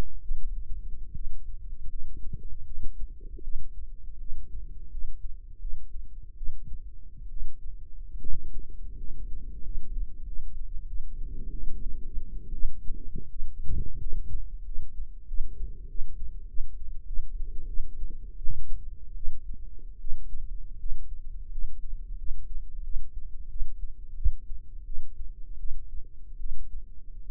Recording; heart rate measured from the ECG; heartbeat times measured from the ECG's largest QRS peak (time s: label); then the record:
heart sounds by microphone in the right ear; 82 bpm
0.21 s: heartbeat
1.13 s: heartbeat
1.88 s: heartbeat
2.64 s: heartbeat
3.42 s: heartbeat
4.19 s: heartbeat
4.90 s: heartbeat
5.60 s: heartbeat
6.36 s: heartbeat
7.29 s: heartbeat
8.19 s: heartbeat
8.97 s: heartbeat
9.62 s: heartbeat
10.25 s: heartbeat
10.86 s: heartbeat
11.51 s: heartbeat
12.53 s: heartbeat
13.29 s: heartbeat
13.99 s: heartbeat
14.64 s: heartbeat
15.26 s: heartbeat
15.87 s: heartbeat
16.47 s: heartbeat
17.06 s: heartbeat
17.67 s: heartbeat
18.37 s: heartbeat
19.15 s: heartbeat
19.99 s: heartbeat
20.78 s: heartbeat
21.50 s: heartbeat
22.17 s: heartbeat
22.83 s: heartbeat
23.49 s: heartbeat
24.16 s: heartbeat
24.85 s: heartbeat
25.58 s: heartbeat
26.39 s: heartbeat
27.26 s: heartbeat
From the record:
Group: healthy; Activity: rest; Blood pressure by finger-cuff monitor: 97/61 mmHg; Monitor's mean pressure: 74 mmHg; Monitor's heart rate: 82 bpm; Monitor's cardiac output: 7.2 L/min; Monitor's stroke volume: 87 mL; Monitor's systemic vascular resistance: 760 dyn s/cm5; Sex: female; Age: 22 years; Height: 157 cm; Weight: 47.6 kg